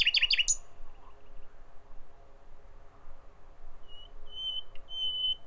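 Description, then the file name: Common nightingale song with a brief cluster of quick fluttering notes, a pause, then a few pure, drawn-out whistled notes on a steady pitch. "Nachtigall"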